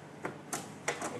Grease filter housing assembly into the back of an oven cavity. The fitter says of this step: until it locks in place